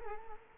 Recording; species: mosquito wingbeat signal from an infrared sensor; Culex quinquefasciatus